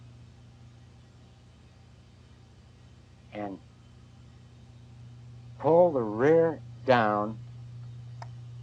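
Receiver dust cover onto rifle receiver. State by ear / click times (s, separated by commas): seated / 8.2 s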